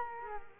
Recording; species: mosquito wingbeat signal from an infrared sensor; Culex quinquefasciatus